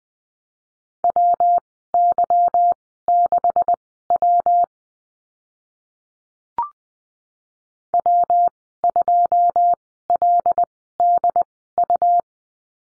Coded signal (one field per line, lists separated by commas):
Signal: Morse code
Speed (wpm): 20 wpm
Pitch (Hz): 700 Hz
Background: none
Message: WY6W W2LDU